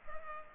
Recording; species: mosquito wingbeat signal from an infrared sensor; Culex pipiens